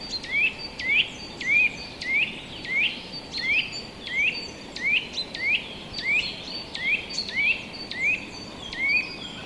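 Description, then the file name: Eurasian nuthatch repeating quick upslurred whistles about every half second, with a continuous broad hiss of background noise throughout. "Sitta europaea"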